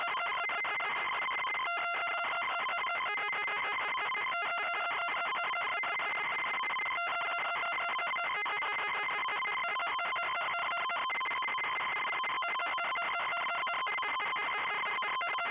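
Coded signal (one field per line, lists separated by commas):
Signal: ZX Spectrum tape loading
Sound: continuous harsh buzzing screech of rapidly switching square-wave tones, like loading data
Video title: Vegeta (Dragon Ball Z) - Loading screen (ZX Spectrum)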